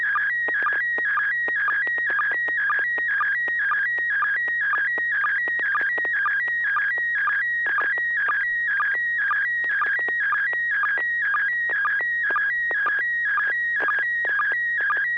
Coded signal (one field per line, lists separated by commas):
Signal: SSTV (slow-scan television)